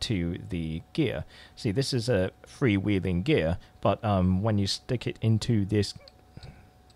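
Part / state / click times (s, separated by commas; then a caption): freewheeling gear into clutch collar / seated / 6.4 s. Someone talks while a freewheeling metal gear is pushed into its collar on a Honda semi-automatic motorcycle clutch pack (50, 70, 90cc). A small metallic tick at 6.4 s marks the gear engaging, and it locks into place.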